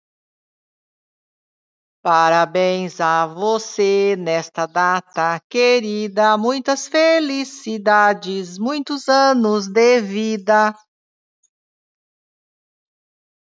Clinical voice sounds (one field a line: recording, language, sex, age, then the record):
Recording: short text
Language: Brazilian Portuguese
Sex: female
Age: 60 to 69 years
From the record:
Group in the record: control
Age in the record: 61 years